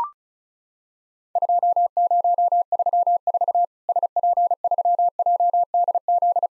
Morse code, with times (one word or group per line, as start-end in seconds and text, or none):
1.4-3.6 2034
3.9-6.5 SP3JDZ